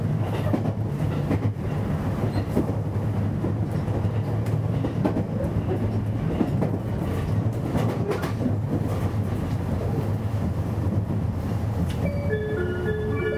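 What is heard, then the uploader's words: A train runs steadily with a deep, dense rumble and frequent track clicks, and a brief whining tone rises near the end. JR西日本223系 環状線外回り 関空・紀州路快速 天王寺から大阪まで. 西日本旅客鉄道（JR西日本）223系電車の走行音です。 大阪環状線の外回り、関空・紀州路快速で録音しました。 Running sound of a 223 series train. Osaka Loop Line 's Outer Rapid Train.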